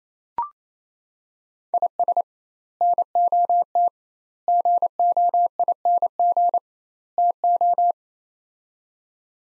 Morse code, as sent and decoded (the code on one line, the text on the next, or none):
.. ... / -. --- - / --. --- .. -. --. / - ---
IS NOT GOING TO